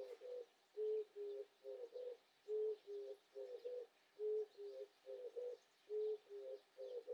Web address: 環境音系 キジバトさん